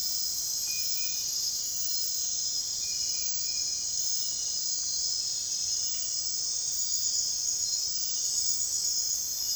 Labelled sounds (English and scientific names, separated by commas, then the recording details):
none
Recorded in dense forest near Puerto Asís, Putumayo, Colombia, on 29 June 2025 at 01:30
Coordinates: 0.468, -76.322
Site GP03